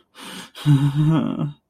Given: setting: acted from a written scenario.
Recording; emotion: vocal sound without words; fear